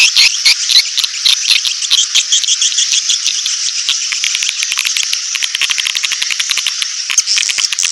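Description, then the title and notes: Swiftlet twittering, a steady high buzzy chorus broken into rapid clicking pulses. Swiftlet sound used in swiftlet bird farming in Asia. "Swiflet Bird Sound. Farming Swiflet Bird asia sound"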